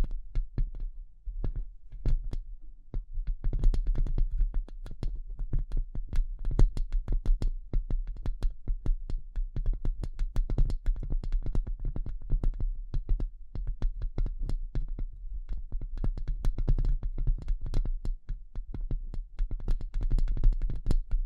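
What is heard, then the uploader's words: Delicate tapping runs throughout, a dense, quick stream of light clicks with crisp tops, coming in irregular clusters with hardly a pause. Beneath them sits a steady low hum, and the overall level stays fairly even from start to finish. ASMR Delicate Tapping (No Talking).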